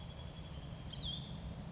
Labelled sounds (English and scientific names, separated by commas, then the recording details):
Chestnut-backed Chickadee (Poecile rufescens)
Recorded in Sonoma County, California